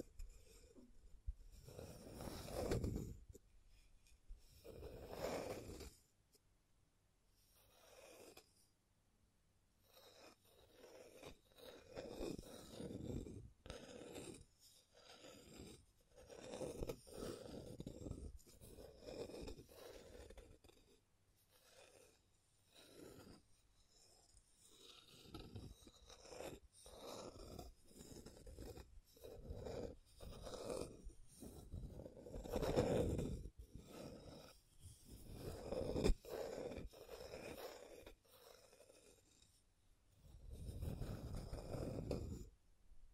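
Scratching and tracing strokes come in repeated bursts, some short, some drawn out over several seconds, with brief quiet gaps and a low rasping rub.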